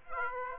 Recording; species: mosquito wingbeat signal from an infrared sensor; Aedes aegypti